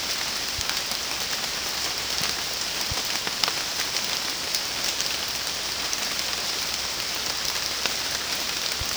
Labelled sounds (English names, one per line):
none